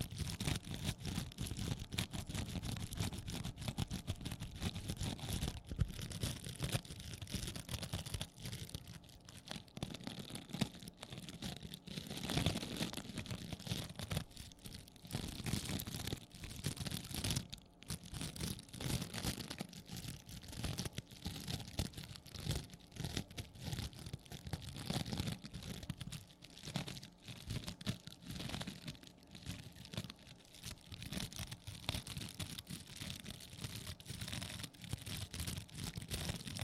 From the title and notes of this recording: ASMR Sponge Scratching & Rubbing (NO TALKING).